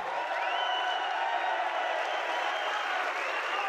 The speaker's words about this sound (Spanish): A este ya le conocéis, ¡el gran polaco! ¡Nacho Galván, otro gran aplauso!